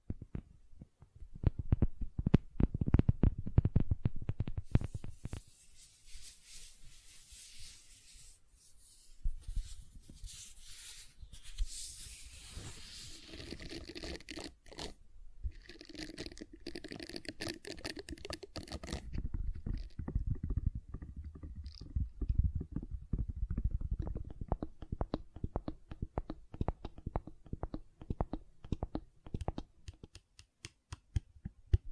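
Gentle handling of silicone, with dense soft squishing and tapping that clusters heavily at the start. From about 5 to 20 seconds a brighter hissing, smearing texture takes over, then quick irregular squelches and taps return to the end, low and muffled in tone.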